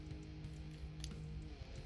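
A folded plastic section of a Legacy United Animated Optimus Prime transforming figure is pressed so its tabs seat into their mating slots, over steady background guitar music. A short, sharp click at 1.0 s marks the tabs snapping into place, confirming they are seated.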